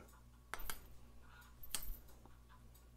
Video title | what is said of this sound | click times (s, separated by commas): Civivi Orthrus tactical 2 position button lock knife / Tony Sentmanat design | turn it around there you go snap | 0.5 s